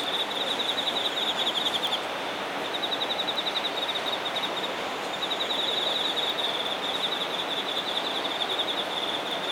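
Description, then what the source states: Insect trilling in loud stretches with brief dips, rapid high pulses on an even pitch, over a wash of background hiss. Singing insects recorded in Shinagawa, Japan.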